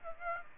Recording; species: mosquito wingbeat signal from an infrared sensor; Aedes aegypti